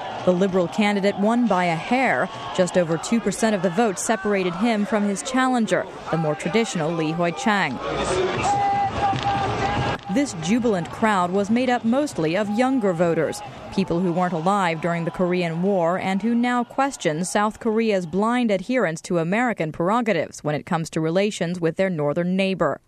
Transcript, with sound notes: The liberal candidate won by a hair—just over two percent of the vote separated him from his challenger, the more traditional Lee Hoi Chang. [The sound of fireworks.] This jubilant crowd was made up mostly of younger voters—people who weren’t alive during the Korean War, and who now question South Korea’s blind adherence to American prerogatives when it comes to relations with their northern neighbor.